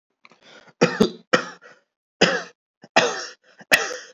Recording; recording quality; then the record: heavy voluntary cough; excellent, no background noise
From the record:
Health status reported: healthy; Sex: male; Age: 29 years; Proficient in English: yes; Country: India